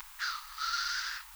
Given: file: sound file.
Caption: a hissing call of male Black grouse from Finland